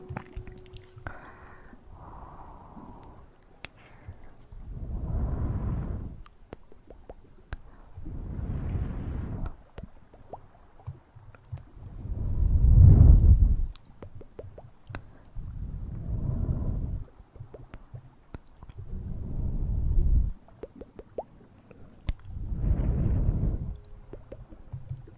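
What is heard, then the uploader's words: Intense mouth sounds: a regular series of wet, swelling bursts arrives about every three to four seconds, each rising and fading over a second or two, the loudest near thirteen seconds. Between them, faint clicks, smacks and small squishy ticks fill the gaps. Intense Mouth Sounds.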